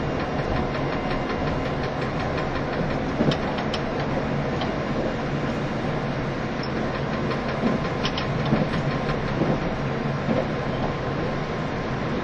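A train runs steadily, a dense, continuous low rumble and roar that holds an even level throughout. Scattered sharp clicks and knocks cut through, clustered around the third to fourth second and again near the eighth to tenth, like wheels over rail joints.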